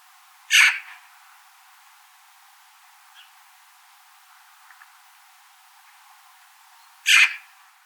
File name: Pica pica